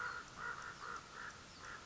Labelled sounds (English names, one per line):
American Crow